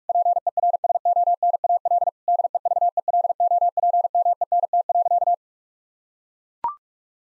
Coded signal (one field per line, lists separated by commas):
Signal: Morse code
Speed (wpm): 42 wpm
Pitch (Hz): 700 Hz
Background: none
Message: PERSONAL DEVELOPMENT.